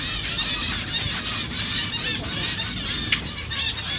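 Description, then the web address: Zebra finch chatter, a thick stream of high nasal beeps and twittering from many birds, uninterrupted throughout. Recorded at a zoo in Jászberény in 2015. "jaszberenyizoo 2015 professzionalis zebrapinty"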